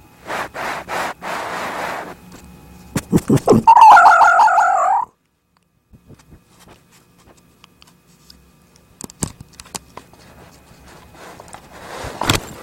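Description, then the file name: Red fox making a wavering, quavering whine after a run of short sharp pulses, then quiet with scattered clicks. Fox described as "talking". "Lisa - Zvuk lisy razgovarivaet"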